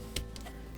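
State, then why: Seated. A removable seat cushion is pressed down onto its dinette seat base in a 2020 Winnebago Boldt motorhome, and its fasteners engage with a sharp snap at 0.2 s. A fainter tick follows at about 0.4 s, and the cushion is seated in place.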